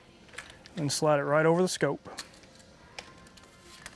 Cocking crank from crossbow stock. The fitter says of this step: we'll go ahead and take the crank off, pop it off the back,